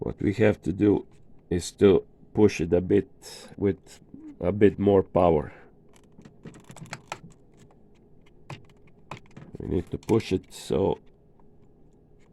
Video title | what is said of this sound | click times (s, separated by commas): DTG printer 1400/1390 repair No. 4 (part 1) | that we can hear a click so now it's uh fixed inside properly the way it | 7.1 s, 8.5 s, 9.1 s